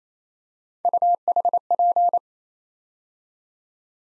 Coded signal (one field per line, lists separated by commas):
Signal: Morse code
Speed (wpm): 33 wpm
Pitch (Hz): 700 Hz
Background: none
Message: UHP